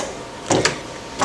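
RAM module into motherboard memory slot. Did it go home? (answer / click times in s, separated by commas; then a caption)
yes / 0.6 s. A memory module (RAM stick) is pressed down into a motherboard DIMM slot, which takes some force. A broadband scraping burst near 0.5 s leads into a sharp click at 0.7 s, followed by a softer snap around 1.2 s. The module is seated.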